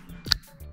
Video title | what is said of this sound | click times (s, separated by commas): BlackMagic Pocket Cinema Camera 4k (Unboxing And Review) | Look at that. Tell me you clip that in there. Let's hear the click. | 0.3 s